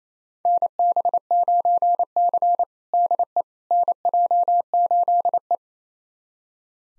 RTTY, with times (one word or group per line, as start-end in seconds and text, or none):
none